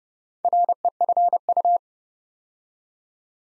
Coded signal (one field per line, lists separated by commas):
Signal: Morse code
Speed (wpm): 28 wpm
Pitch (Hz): 700 Hz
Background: none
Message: REFU